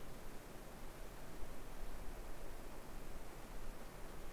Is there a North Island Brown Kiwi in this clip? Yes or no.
no